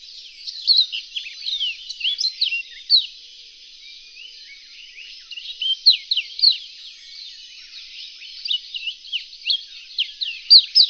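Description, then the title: Reunion olive white-eye singing in quick bursts of high twittering, slurred chirps, broken by a quieter stretch midway before the chatter picks up again. Song (kicau). "kicau pleci reunion olive white eye"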